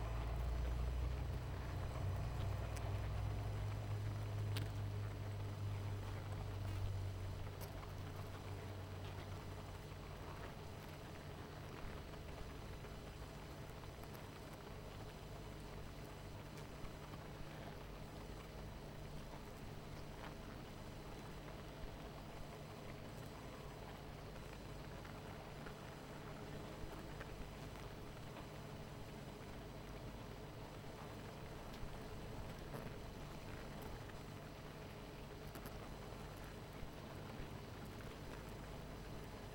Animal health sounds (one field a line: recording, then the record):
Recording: honeybee colony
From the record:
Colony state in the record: missing queen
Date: 14 July 2017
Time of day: 19:03